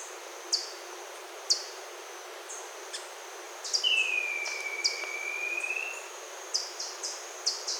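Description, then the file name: Bird giving one long, clear whistle that drops slightly then holds steady, amid short, very high chirps scattered throughout over a thin constant high hum. "SABIOD 50 bird 2015"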